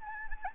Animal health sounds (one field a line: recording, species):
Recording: mosquito wingbeat signal from an infrared sensor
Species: Anopheles gambiae